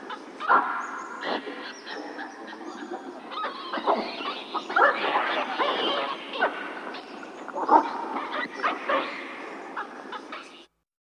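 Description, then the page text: Hamadryas baboon calls, a dense run of harsh cries and barks, continuous until the sound stops near the end. "Hamadryas Baboon. Quick Sounds"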